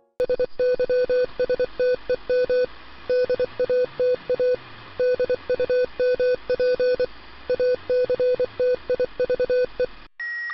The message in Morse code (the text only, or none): SYSTEM DATA DUMP ACTIVE